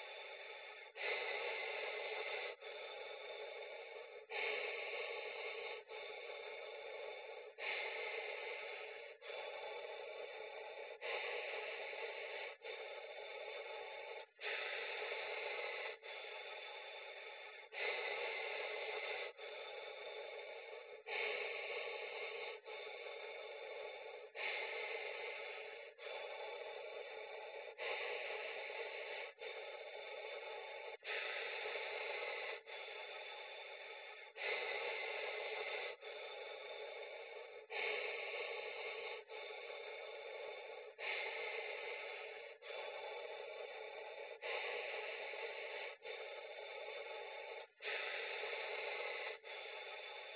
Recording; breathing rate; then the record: paced breathing near a phone; 18 breaths a minute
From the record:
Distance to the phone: 40 cm